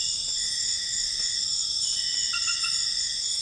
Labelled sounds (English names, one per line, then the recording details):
none
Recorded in dense forest near Puerto Asís, Putumayo, Colombia, on 4 March 2025 at 02:00
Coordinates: 0.484, -76.325
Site G045